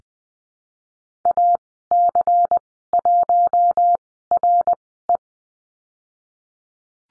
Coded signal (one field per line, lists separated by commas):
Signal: Morse code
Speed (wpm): 20 wpm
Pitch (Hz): 700 Hz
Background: none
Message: AC1RE